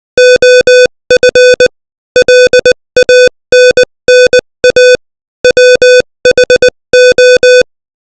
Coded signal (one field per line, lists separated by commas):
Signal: Morse code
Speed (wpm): 20 wpm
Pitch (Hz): 500 Hz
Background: music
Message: OF LANNA WHO